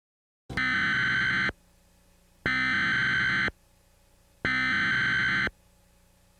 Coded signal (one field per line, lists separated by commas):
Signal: Emergency Alert System (SAME) tones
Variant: header bursts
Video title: SCP X (+ Deejay Greg) (EAS Scenario)